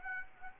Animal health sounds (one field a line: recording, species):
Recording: mosquito wingbeat signal from an infrared sensor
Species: Aedes aegypti